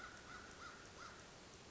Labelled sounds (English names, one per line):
American Crow